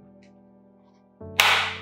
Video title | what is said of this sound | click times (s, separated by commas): Carigar Gasoline Chain Saw Assembling - English | You hear the click, it's locked. | 1.4 s